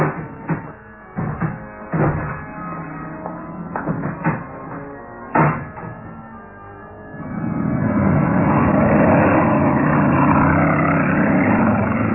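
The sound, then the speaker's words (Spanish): Several sharp clicks and knocks give way to a car engine that roars up and holds a steady, loud, rumbling drone as the fast car pulls away past a threatening sign and into the fog, in the radio drama Kalimán. “El veloz auto partió, cruzando a un lado de aquel letrero amenazante.”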